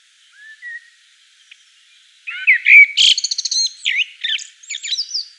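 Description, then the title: Common blackbird song: a soft low whistle, then a loud warbled phrase breaking into rapid, chattering high notes and squeaky upslurred whistles. Common blackbird song recorded in Provence at dusk. "Sylvain Jaskowiak - Mes piafs. Merle noir en Provence au crépuscule"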